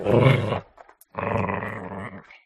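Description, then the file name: Chihuahua snarling: two rough, throaty growling bursts, the first loud and harsh, the second longer, separated by a short pause. Soft snarl made by a Chihuahua during a fight. "smartsound. DOG Chihuahua Snarl Fight Soft"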